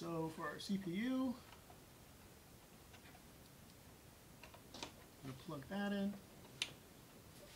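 Someone talks while a CPU power cable's plastic connector is pushed into its motherboard header. A few faint knocks sound around 4.4–4.8 s. One sharp click at 6.6 s marks the connector seating.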